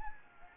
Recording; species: mosquito wingbeat signal from an infrared sensor; Anopheles gambiae